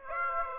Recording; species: mosquito wingbeat signal from an infrared sensor; Aedes aegypti